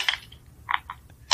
Somebody actually recorded sleeping teeth grinding. It sounds like someone taking a plastic bottle and squeezing it.